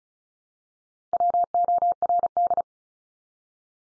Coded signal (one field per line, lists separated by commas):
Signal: Morse code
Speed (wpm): 34 wpm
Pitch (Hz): 700 Hz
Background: none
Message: WORD